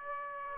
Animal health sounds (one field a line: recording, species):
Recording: mosquito wingbeat signal from an infrared sensor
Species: Aedes aegypti